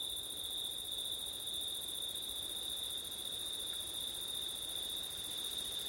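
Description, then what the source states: Cricket chorus, a continuous high-pitched ringing trill holding one steady pitch, with a thin upper shimmer and no breaks. Crickets recorded on a September night with wind.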